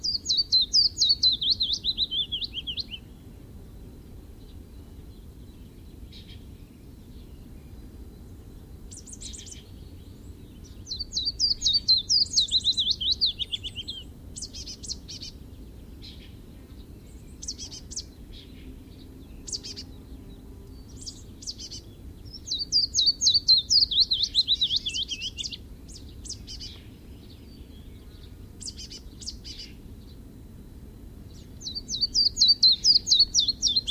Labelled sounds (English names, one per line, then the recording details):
Willow Warbler song
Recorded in the wild
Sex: male
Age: adult
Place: Weinstadt, OT Schnait, Beutelsbacher Tal, Baden-Württemberg, DE
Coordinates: 48.8167, 9.36667
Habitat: hillside, shrubbery and trees
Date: 1967-06-05
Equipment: Nagra III PH, MD 421, kleiner englischer Parabolspiegel, LGS26
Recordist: Schneider, Hans-Joachim